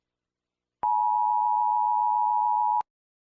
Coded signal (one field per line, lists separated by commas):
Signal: Emergency Alert System (SAME) tones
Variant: 853 and 960 Hz attention tone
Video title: The End of The World An Eas Scenario